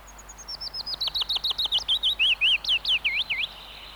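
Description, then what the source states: Willow Warbler singing one gentle phrase of rapid, clear notes that cascade downward and end in a few looping, slurred whistles. Recorded in Finland; song resembles chaffinch's but softer and more melancholy, in a minor key, not ending in a flourish.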